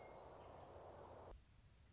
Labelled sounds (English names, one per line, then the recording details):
Western Meadowlark
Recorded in Sonoma County, California